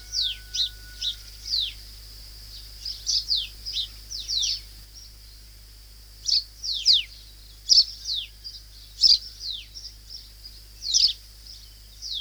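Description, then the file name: White-eye calling: thin, high downslurred chirps in loose clusters, several per second at times, over a steady high electronic whine and faint low hum. "suara panggilan burung kacamata perak. omkicau"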